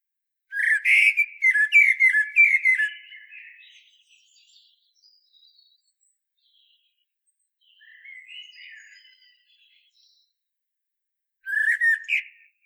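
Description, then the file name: Common blackbird singing a rapid series of rich fluted notes with high squeaky twitters, then quieter warbling, a soft phrase, and another brief loud phrase. "Turdus merula"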